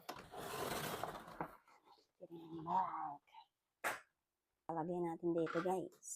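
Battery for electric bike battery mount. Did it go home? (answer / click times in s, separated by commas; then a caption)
no / none. An electric bike battery is picked up and shown before it goes into its battery mount, with only light handling sounds and a burst of rustling near the start. Someone talks throughout. Nothing has seated or clicked yet.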